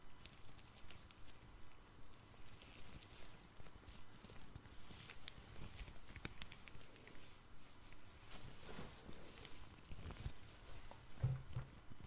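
Gloved hands and tweezers touch and tap against a face in a steady stream of soft rubbing and light clicks. Brief crisp ticks come every second or so over a low rustling bed, with a few louder knocks near the end.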